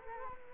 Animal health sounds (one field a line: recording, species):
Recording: mosquito wingbeat signal from an infrared sensor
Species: Culex quinquefasciatus